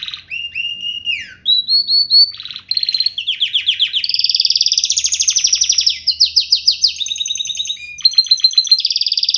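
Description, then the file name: Canary song opening with clear slurred whistles, then switching to fast rolling trills and buzzy repeated notes that change pattern every second or two. "Gomez Juan biofonia canto canario"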